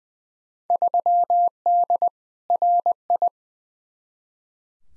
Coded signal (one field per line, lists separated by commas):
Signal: Morse code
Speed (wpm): 20 wpm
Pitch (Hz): 700 Hz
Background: none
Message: 3D RI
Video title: Field Day Exchange Encore v3 - 20wpm